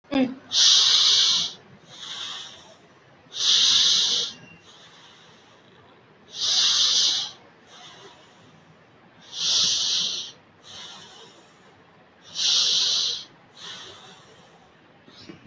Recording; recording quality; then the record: deep breathing; excellent, no background noise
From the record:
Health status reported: recovered from COVID-19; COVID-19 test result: negative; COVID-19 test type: RT-PCR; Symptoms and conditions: cough, cold, breathing difficulty, asthma, chronic lung disease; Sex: male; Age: 37 years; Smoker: yes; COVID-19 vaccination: both doses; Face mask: not worn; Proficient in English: no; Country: India